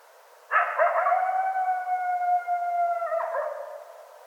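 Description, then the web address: Coyote howl: a sudden yipping onset settles into a long, steady, sustained wail lasting about two and a half seconds, then breaks off with a short yelp. Several coyotes recorded on 25 January 2013. "sounds mammals Coyote 2013 01 25 Coyotes"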